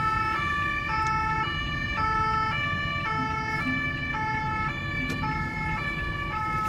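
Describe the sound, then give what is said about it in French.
Police sirens wail steadily in alternating two-tone cycles, switching pitch about every second, over a continuous low rumble of road traffic, as police vehicles near Porte des Lilas move to take the four traffic lanes and form a rolling roadblock. “Et derrière nous, on a les véhicules de police qui vont venir prendre les quatre voies de circulation et réaliser un bouchon mobile.”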